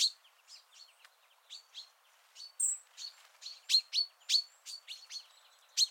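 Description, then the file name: Common chaffinch calls, short bright chips repeated irregularly throughout, louder in the second half, with a brief high whistle from another bird. "Fringilla coelebs"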